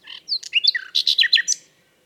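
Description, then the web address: Common nightingale song, a short rich phrase of quick varied chirps and sweeping notes lasting under two seconds. "SETE data Luscinia megarhynchos"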